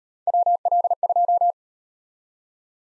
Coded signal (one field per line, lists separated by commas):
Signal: Morse code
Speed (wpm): 38 wpm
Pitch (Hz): 700 Hz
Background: none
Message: WL2